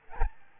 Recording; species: mosquito wingbeat signal from an infrared sensor; Aedes albopictus